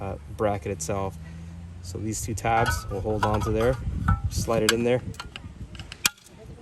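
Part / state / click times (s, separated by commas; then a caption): safety sensor onto its mounting bracket / seated / 6.1 s. A safety photo-eye sensor for a LiftMaster LA500 gate opener is slid onto its mounting bracket, where two retaining tabs grab it, while someone talks. After a few faint ticks as it slides on, it clicks into place with a sharp snap at 6.1 s, and the sensor is seated.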